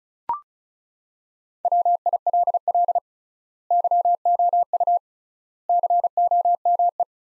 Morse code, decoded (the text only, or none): WILL YOU COME